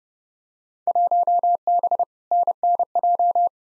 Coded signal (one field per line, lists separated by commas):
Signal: Morse code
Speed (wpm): 32 wpm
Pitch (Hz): 700 Hz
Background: none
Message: 1B NNJ